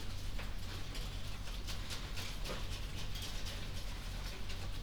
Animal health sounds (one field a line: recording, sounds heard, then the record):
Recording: poultry house recording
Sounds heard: no chicken sound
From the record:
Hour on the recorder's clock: 21